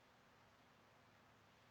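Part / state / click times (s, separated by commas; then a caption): plastic zip tie tip into its ratchet head / not seated / none. A plastic zip tie being fastened on a wreath attachment has its tip pushed through its ratchet head upside down, so the ratchet does not catch. Only a steady, low-level broadband hiss is heard, with no distinct click or sharp sound. Nothing has caught or clicked yet.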